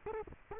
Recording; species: mosquito wingbeat signal from an infrared sensor; Culex quinquefasciatus